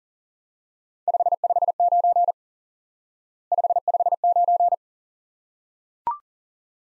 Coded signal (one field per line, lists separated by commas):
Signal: Morse code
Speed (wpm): 42 wpm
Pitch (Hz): 700 Hz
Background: none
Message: 559 559